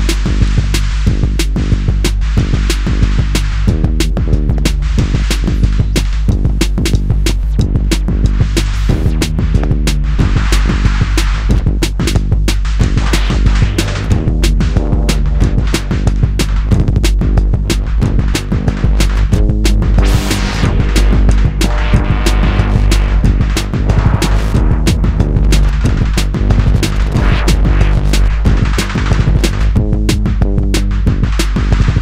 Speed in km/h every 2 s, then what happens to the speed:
63, 64, 66, 68, 71, 74, 81, 81, 74, 74, 74, 76, 76, 77, 79, 79.
0-13 speeds up to 81. 13-16 slows to 74. 16-32 steady at about 76.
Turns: none.